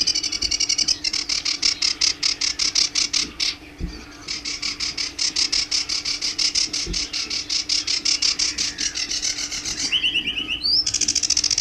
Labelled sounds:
Sedge Warbler (Acrocephalus schoenobaenus) song

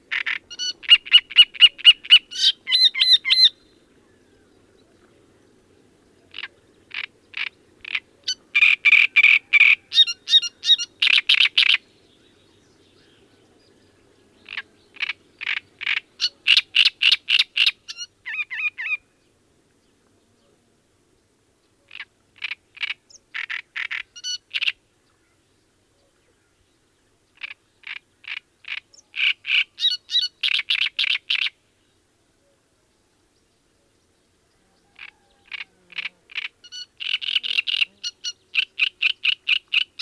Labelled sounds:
Great Reed Warbler (Acrocephalus arundinaceus) song

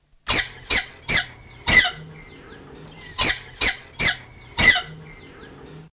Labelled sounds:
Collared Brushturkey (Talegalla jobiensis) call

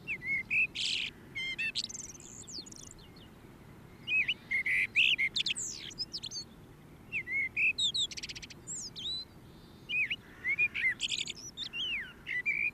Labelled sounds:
Common Blackbird (Turdus merula) song

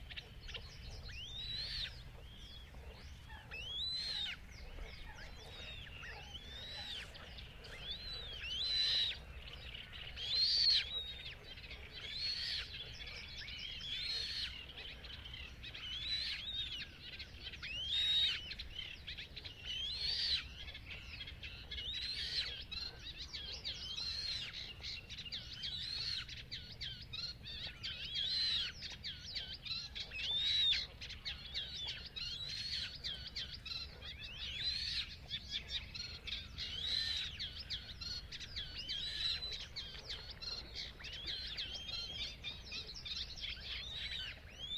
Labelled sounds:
Eurasian Reed Warbler (Acrocephalus scirpaceus)

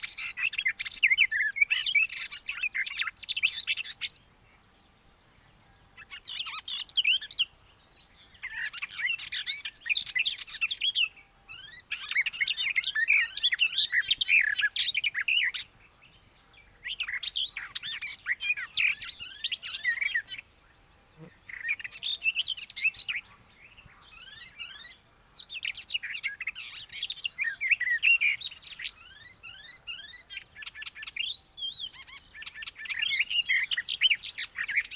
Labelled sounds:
Icterine Warbler (Hippolais icterina) song

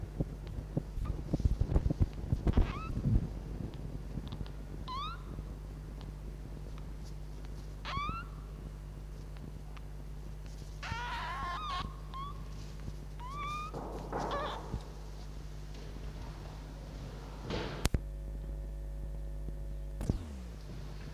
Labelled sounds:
Red Fox (Vulpes vulpes)

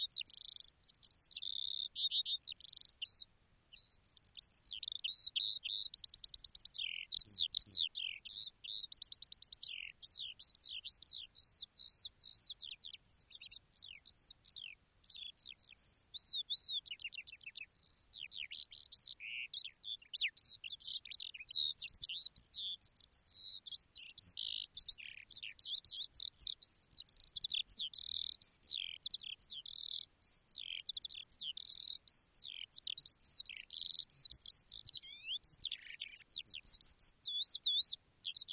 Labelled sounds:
Eurasian Skylark (Alauda arvensis)

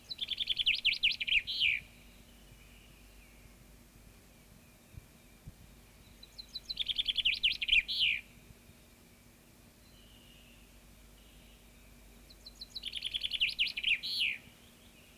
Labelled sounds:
Common Chaffinch (Fringilla coelebs) song

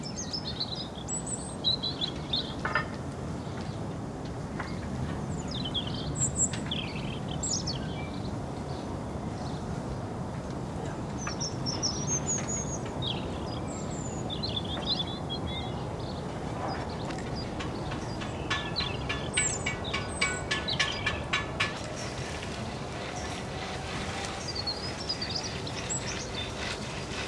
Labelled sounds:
European Robin (Erithacus rubecula) song

